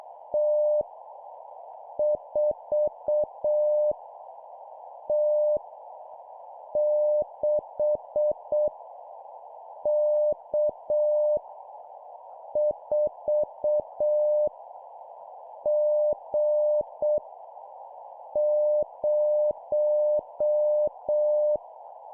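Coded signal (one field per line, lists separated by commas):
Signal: Morse code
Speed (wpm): 6 wpm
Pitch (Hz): 600 Hz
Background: none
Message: T 4 T 6 K 4 G 0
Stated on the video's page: Morse code copy practice of random letters and numbers sent at 7 wpm.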